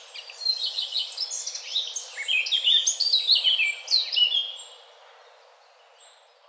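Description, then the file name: Eurasian blackcap song, a fast jumbled warble of scratchy and clear high notes for about four seconds, then fading to quiet background. "Sylvia atricapilla"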